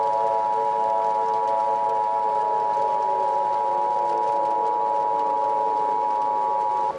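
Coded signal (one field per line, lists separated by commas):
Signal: Emergency Alert System (SAME) tones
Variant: 853 and 960 Hz attention tone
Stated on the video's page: Fictional tornado EAS scenario.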